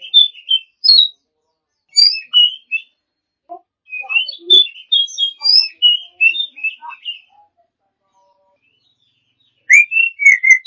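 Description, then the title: Oriental magpie-robin song, varied whistles and chirpy phrases with some lower soft notes mixed in, a quiet pause, then loud slurred whistles at the end. Champion bird. "Kicau Burung Kacer Juara"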